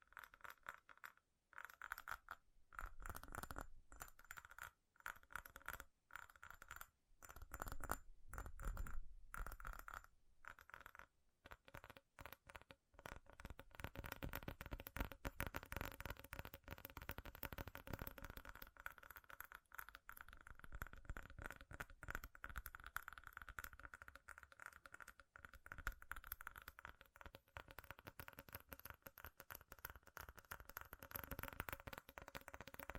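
Fast, furious tapping on metal, clicky and bright, starting in choppy bursts with short gaps, then becoming a dense nonstop rattle after fifteen seconds.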